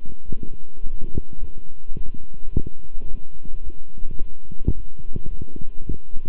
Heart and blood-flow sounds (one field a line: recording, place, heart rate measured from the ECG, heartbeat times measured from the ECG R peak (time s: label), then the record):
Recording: heart sounds by stethoscope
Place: between the tricuspid and mitral areas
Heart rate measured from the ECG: 107 bpm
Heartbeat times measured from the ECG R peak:
0.23 s: heartbeat
0.81 s: heartbeat
1.38 s: heartbeat
1.95 s: heartbeat
2.51 s: heartbeat
3.07 s: heartbeat
3.62 s: heartbeat
4.17 s: heartbeat
4.73 s: heartbeat
5.29 s: heartbeat
5.86 s: heartbeat
From the record:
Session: walking at 3.7 km/h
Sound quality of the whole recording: good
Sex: male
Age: 26 years